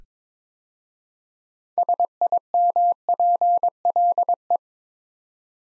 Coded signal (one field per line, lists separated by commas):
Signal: Morse code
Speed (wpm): 22 wpm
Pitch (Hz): 700 Hz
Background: none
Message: SIMPLE